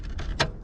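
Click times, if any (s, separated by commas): 0.4 s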